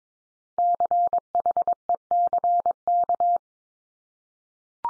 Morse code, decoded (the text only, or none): CHECK